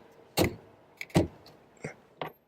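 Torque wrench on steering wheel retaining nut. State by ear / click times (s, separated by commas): torque reached / 2.2 s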